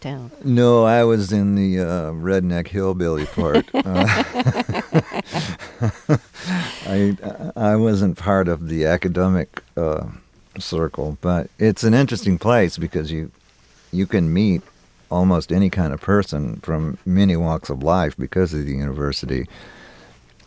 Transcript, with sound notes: No, I was in the redneck, hillbilly part.
(LAUGHTER)
I wasn't part of the academic circle, but it's an interesting place because you can meet almost any kind of person from many walks of life because of the university.